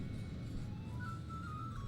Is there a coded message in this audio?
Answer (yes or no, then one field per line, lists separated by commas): no